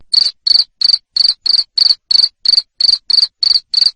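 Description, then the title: Cricket giving a steady series of loud, high, buzzing chirps, evenly spaced. Loud cricket chirping used to make lovebirds keep singing (ngekek). "Suara JANGKRIK NGERIK Keras Bikin LOVEBIRD Jadi NGEKEK Terus Vubey"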